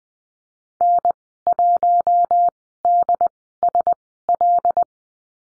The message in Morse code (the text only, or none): N1DSL